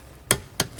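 On a Mercedes S550, a rear brake caliper bracket bolt is tightened into the hub carrier with a click-type torque wrench set to 38 ft-lb. A sharp, bright click at 0.3 s shows the wrench reaching its setting, followed by a second, slightly softer click at 0.6 s. The bolt is torqued to spec.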